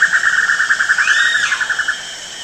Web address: wroblowe ptaki eurylaimus javanicus